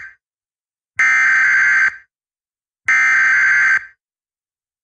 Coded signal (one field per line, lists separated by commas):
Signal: Emergency Alert System (SAME) tones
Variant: header bursts